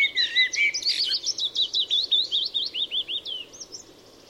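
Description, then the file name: Eurasian blackbird song, opening with a brief low fluted warble and followed by a fast series of high, hooked, repeated notes that fade away. "Turdus merula"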